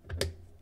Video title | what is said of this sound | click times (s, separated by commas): 2 in 1 Pocket Oscilloscope - Fnirsi DSO-TC2 | that in you heard it you heard it click probably and connect this | 0.2 s